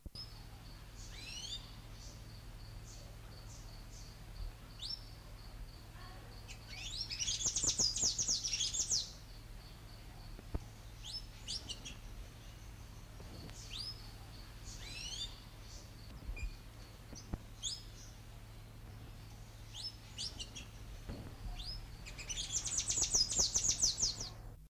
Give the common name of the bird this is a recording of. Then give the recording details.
Sayaca Tanager. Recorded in captivity. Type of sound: call. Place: Zoo Krefeld, Nordrhein-Westfalen, DE. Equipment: Halbspur, 9,5 cm/s. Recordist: Lütgens, Hans. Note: Rufe